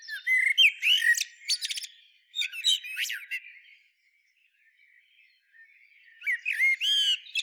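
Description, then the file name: Common blackbird calls: clipped squawks and sharp chirps in a busy opening, silence in the middle, then renewed chattering at the end. "Turdus merula"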